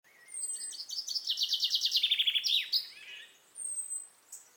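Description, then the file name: Common chaffinch singing a rapid series of high chipping notes that falls in steps and closes with a quick flourish, followed by a few softer chirps. "Fringilla coelebs"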